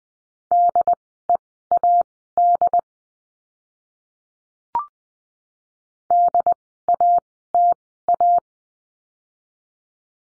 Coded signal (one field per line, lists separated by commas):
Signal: Morse code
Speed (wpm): 20 wpm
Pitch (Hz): 700 Hz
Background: none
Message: DEAD DATA